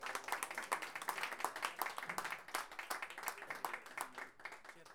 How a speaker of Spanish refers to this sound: Eso, y el primero, un aplauso a los chiquillos.